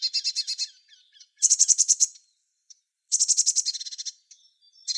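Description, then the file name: Eurasian blue tit scolding with several short, rapid pulsed churrs in quick succession, the last one slowing slightly, with brief thin notes between. "Cyanistes caeruleus"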